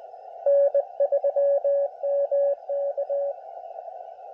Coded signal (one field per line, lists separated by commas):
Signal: Morse code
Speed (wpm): 23 wpm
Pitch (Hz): 570 Hz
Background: radio noise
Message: N3MK